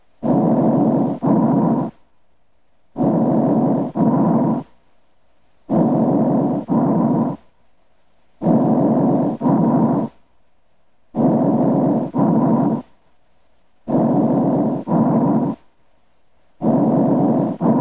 Bronchovesicular breath sounds are heard over areas between the mainstem bronchi and the smaller airways. The pitch and duration of these breath sounds are midway between the pitch and duration of tracheal and mainstem bronchial breath sounds and normal breath sounds heard over other chest wall areas. Bronchovesicular breath sounds are heard during inspiration and expiration for equal amounts of time.